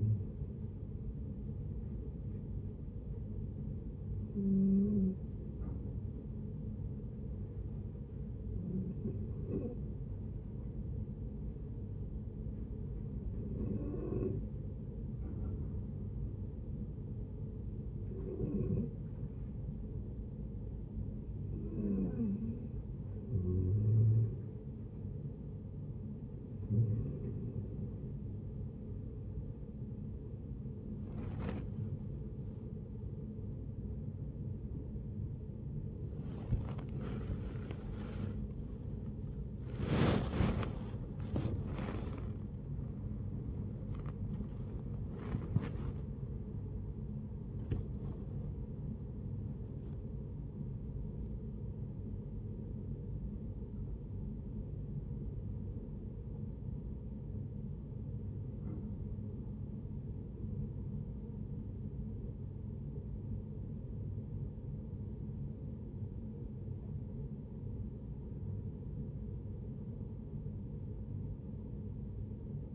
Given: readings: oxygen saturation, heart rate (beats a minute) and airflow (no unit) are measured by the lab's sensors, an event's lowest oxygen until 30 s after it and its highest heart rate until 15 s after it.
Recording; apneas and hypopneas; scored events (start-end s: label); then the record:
a person awake in a sleep study, by a smartphone at the bedside; 1
4.00-23.40 s: hypopnea (N1, oxygen 95% highest, then 88% lowest, heart rate 67 at the start, 75 highest)
23.00-72.75 s: new sleep stage, awake
29.00-72.75 s: awake
From the record:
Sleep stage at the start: N1 (lightest sleep); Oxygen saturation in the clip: 88 to 97%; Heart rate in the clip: 57 to 75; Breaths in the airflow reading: 20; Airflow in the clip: -12.5 to 13.3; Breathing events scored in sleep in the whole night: 496 in 5.4 hours asleep